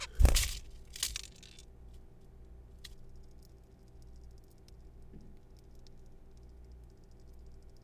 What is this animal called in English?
Zebra Finch